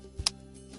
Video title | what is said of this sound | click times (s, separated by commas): Pinel Basics Instructional Video Includes Locking System, Materials, Limb Cuff | Always tug at the button to ensure engagement and listen for a distinctive click. | 0.3 s